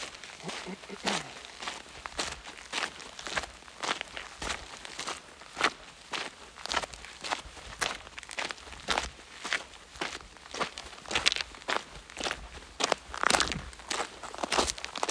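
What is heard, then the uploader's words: Footsteps on a mountain hiking trail crunch steadily, roughly two per second, each a short gritty scuff of dry gravel. A brief low voice surfaces near the first second, and a louder scrape lands around thirteen seconds. A faint hiss stays underneath throughout. Hiking in the McDowell Mountains in Phoenix, Arizona. There were a lot of other people out this day, enjoying time with family on a hike or bike ride. Walking on rocks.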